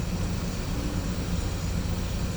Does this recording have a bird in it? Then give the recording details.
no. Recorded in pastures near Puerto Asís, Putumayo, Colombia, on 18 December 2024 at 11:30. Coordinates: 0.505, -76.324. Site G063